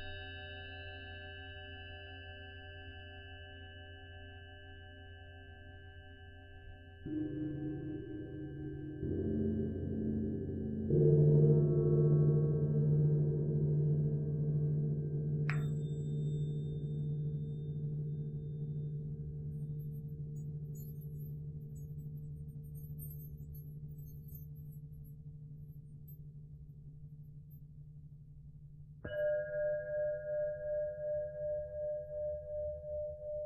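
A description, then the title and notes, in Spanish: Tibetan singing bowls ring in long, sustained tones, with new bowls struck around 7, 9, 11 and 29 seconds, each entry louder and adding a deeper or brighter pitch. The tones hum and pulse slowly as they fade, and a faint metallic ping sounds near 15 seconds. Cuencos Tibetanos.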